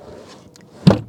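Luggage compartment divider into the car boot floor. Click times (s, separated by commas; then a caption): 0.9 s. A luggage compartment divider in the boot of a 2024 Polestar 2 is lifted up from the boot floor and pushed upright. A couple of faint ticks sound around 0.6 s, then a sharp, loud snap at 0.9 s as the divider snaps into place and is seated.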